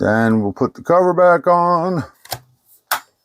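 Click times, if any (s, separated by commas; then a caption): 2.9 s. Someone talks while the plastic bottom cover of a Kamrui mini PC (2023) is pushed back onto the case after a 2.5-inch drive is fitted, followed by a few faint handling taps. A sharp snap at 2.9 s marks the cover seating into place.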